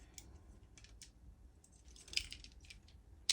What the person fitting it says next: this just pretty easily snaps into place